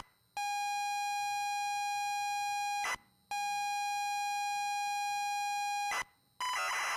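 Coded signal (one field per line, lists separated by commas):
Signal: ZX Spectrum tape loading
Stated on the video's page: Tape loading sound from the game Stories Untold.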